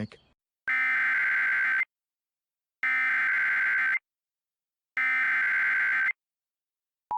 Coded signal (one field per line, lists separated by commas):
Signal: Emergency Alert System (SAME) tones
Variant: header bursts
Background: speech